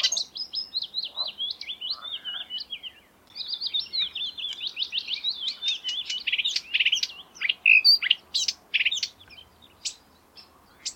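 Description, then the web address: Marsh warbler singing a rapid, varied medley of twittering trills, squeaky notes and sharp clicks, with a short pause after three seconds before the chatter resumes. May 2020. "geluiden bosrietzanger mei 2020 zang"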